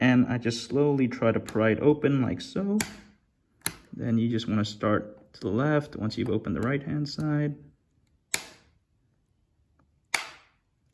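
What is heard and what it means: Someone talks while a flathead screwdriver pries along the seam of a plastic Nissan key fob shell (as used on the Qashqai, Juke and Micra), working from the right-hand side over to the left for a battery change. Sharp clicks ring out at 8.3 s and 10.2 s as the internal clip releases and the case opens.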